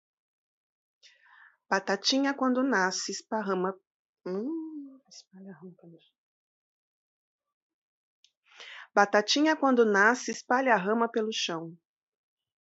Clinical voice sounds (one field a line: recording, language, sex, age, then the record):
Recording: short text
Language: Brazilian Portuguese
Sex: female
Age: 40 to 49 years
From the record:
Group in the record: control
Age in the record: 45 years